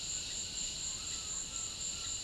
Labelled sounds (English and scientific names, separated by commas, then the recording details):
none
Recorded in dense forest near Puerto Asís, Putumayo, Colombia, on 18 February 2024 at 16:30
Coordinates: 0.502, -76.324
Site G6370